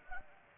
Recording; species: mosquito wingbeat signal from an infrared sensor; Anopheles arabiensis